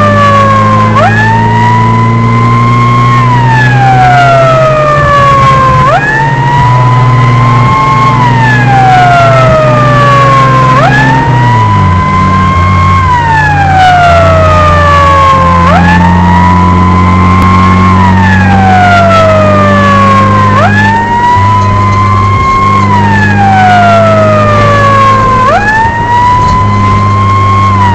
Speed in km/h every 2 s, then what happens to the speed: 59, 65, 69, 66, 67, 71, 69, 63, 68, 73, 77, 75, 80, 74.
0-3 speeds up to 69. 3-15 steady at about 67. 15-19 speeds up to 77. 19-25 steady at about 77. 25-28 slows to 74.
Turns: none.